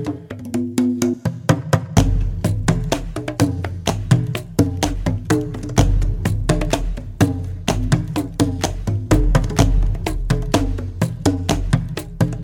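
A laid-back, all-percussion groove of hand drums keeps up a steady, regular beat, its crisp strikes coming several times a second. A deep, low boom enters around two seconds and holds underneath, while lighter higher taps and rattles fill the gaps.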